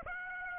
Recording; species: mosquito wingbeat signal from an infrared sensor; Aedes aegypti